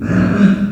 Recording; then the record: squeal of a Yucatan mini pig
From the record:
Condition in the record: after surgery on the right vocal fold (resection and tissue-engineered implant); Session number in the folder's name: 7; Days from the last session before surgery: 47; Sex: female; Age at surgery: 19 weeks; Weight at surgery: 25 kg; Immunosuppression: prednisolone